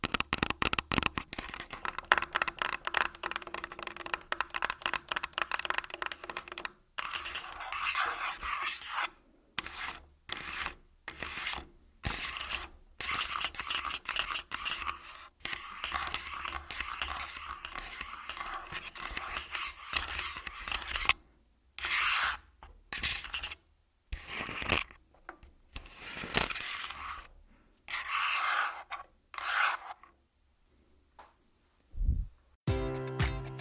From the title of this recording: Tascam Full Body Tapping & Scratching